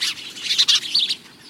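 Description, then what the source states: House Sparrow chirps: a brief chatter of rough, high chirping notes lasting about a second. Highly adaptable bird that has lived around humans for thousands of years.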